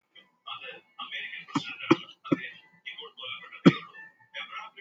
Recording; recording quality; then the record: shallow voluntary cough; poor, much background noise or distortion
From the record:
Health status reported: healthy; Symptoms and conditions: none ticked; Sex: male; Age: 27 years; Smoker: not ticked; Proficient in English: yes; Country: India